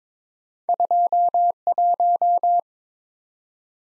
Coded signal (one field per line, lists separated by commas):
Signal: Morse code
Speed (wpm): 22 wpm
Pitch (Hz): 700 Hz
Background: none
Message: 21